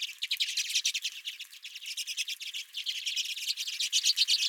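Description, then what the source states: Redpolls in steady, fast twittering, dry notes tumbling over one another almost without pause. Several redpolls at a home feeder.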